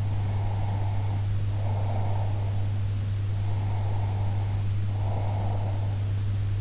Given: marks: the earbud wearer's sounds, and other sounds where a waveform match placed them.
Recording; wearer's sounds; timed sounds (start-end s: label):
sounds in sleep by an in-ear microphone; breath
0.05-2.74 s: breath
3.31-6.02 s: breath